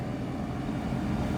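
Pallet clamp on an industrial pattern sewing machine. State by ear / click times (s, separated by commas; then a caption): not seated / none. A pallet clamp on a PS800-8045 industrial pattern sewing machine is handled: the pallet is pushed against the back edge so its pins go into the holes and the clamp button is pressed. Only a steady low machine rumble is heard, growing slightly louder toward the end, with no sharp sounds. Nothing has seated or clicked yet; the clamp has not locked into place.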